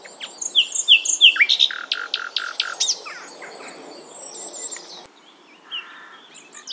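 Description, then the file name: Common nightingale song: a fast run of repeated slurred whistles, then sharp clicking notes and buzzy trills, fading to softer scratchy phrases with a quiet pause near the end. "Luscinia megarhynchos"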